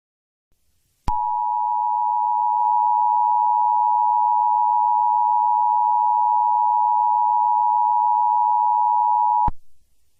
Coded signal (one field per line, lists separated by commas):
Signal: Emergency Alert System (SAME) tones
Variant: 853 and 960 Hz attention tone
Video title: EAS test fail